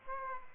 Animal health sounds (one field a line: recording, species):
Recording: mosquito wingbeat signal from an infrared sensor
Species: Aedes aegypti